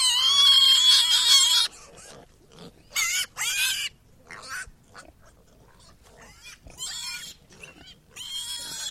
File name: Porosenok vizzhit